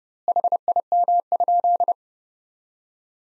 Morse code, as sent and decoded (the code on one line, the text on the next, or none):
.... .. -- ..--..
HIM?